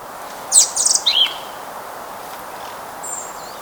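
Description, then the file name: European robin singing a brief burst of piercing, high sliding notes and a quick twittering flourish, followed by quiet with a faint high note near the end. "Erithacus rubecula"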